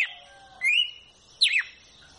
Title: Galo De Campina